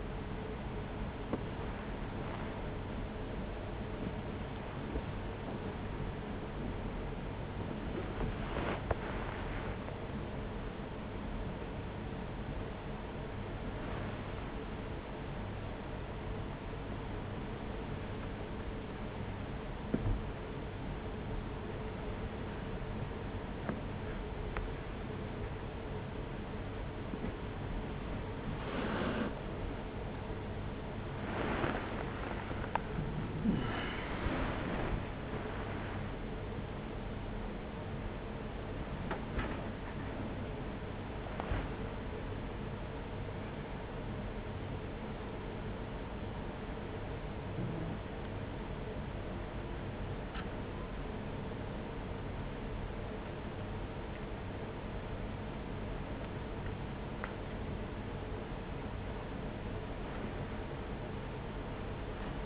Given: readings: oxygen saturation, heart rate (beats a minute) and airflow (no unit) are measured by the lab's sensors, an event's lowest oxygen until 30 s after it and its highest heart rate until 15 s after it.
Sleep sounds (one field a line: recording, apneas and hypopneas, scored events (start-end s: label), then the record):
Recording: a person awake in a sleep study, by a voice recorder at the bedside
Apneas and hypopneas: none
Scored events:
0.00-62.46 s: awake
0.00-62.46 s: awake
From the record:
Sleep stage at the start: awake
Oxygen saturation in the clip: 97 to 98%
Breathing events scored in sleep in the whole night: 210 in 6.9 hours asleep